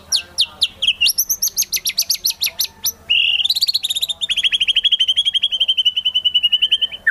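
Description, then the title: White-rumped shama song: rapid series of sharp whistled notes, then a long steady run of quick repeated chirps near one pitch, loud and continuous. Long-duration lure sound used for trapping. "Pikat Murai Batu"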